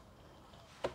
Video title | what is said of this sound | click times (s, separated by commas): Aveta Ranger 110 - Frankenstein Top Box Project | Okey. Tangki minyak dah lock. | 0.9 s